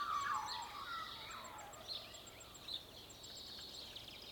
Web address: Trent Williams Aotearoa New Zealand WAIKATO Dawn Chorus Birds Magpie Turkey Cow Rural Farmland Hora Hora MKH 8040